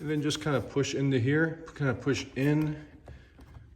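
Someone talks while fitting an Abstract Ocean plastic mud flap over the body at the wheel arch of a Tesla Model 3 and pushing it in. Faint, brief handling sounds follow at about 3.1 and 3.4 seconds. The flap is still being handled and has not yet snapped into place.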